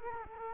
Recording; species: mosquito wingbeat signal from an infrared sensor; Culex quinquefasciatus